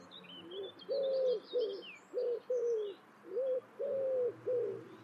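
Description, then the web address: Bird calls: low, hollow cooing notes given in short and longer pulses, with thin twittering from other birds high in the background. "birddata Deverinetal 2025 Bird Only"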